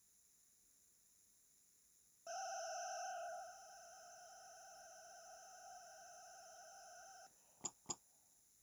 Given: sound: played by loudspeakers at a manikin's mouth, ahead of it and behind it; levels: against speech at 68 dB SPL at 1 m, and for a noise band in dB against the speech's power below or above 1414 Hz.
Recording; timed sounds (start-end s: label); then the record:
test signals for a remote microphone
2.26-7.26 s: four noise bands (707, 1414, 2828 and 5656 Hz), 50 dB SPL
7.64 s: click
7.89 s: click
From the record:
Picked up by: remote microphone A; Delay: 47 ms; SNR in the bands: 30 dB at 707 Hz, 26 dB at 1414 Hz, 17 dB at 2828 Hz, 18 dB at 5656 Hz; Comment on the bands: stepped gain adaptation after first 1 s